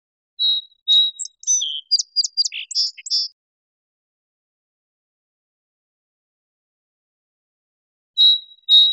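Song sparrow sings a phrase opening with two clear introductory notes, then a quick jumble of varied buzzy and chipping notes, followed by silence and the start of another phrase.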